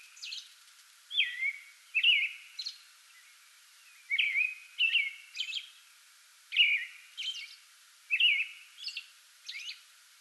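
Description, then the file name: American robin singing slurred whistled phrases in short bursts separated by brief silences, some with thin high notes. Singing before dawn from a small tree in a front yard, 8 May 2022. "2022-05-08 American Robin pre-dawn singing from small tree in front yard"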